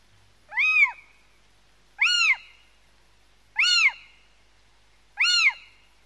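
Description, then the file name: Little owl repeating a mewing, slightly rising-and-falling 'kiew' call four times, roughly every one and a half seconds, in otherwise quiet surroundings. "mocho galego"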